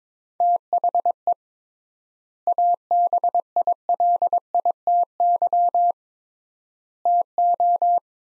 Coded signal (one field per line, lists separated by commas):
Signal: Morse code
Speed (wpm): 22 wpm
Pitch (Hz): 700 Hz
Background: none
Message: THE ABILITY TO